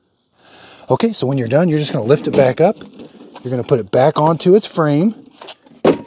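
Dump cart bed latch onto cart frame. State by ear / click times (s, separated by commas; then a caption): seated / 5.4 s. Someone talks while the plastic dump bed of a Gorilla poly garden dump cart with no-flat tires is lifted back down onto its metal frame. The dump latch clicks at 5.4 s and the bed is locked in place so it won't tip.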